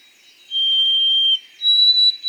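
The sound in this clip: White-throated sparrow whistled song: one sustained pure note, a brief pause, then a slightly higher held whistle.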